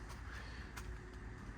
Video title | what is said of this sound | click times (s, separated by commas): 2018 Ford F550, 168k Miles, 4WD, Diesel, IMT 7500 Crane, Compressor, Drawers | just needs to be adjusted a little bit it looks like it doesn't latch perfectly at the top and the bottom | 0.8 s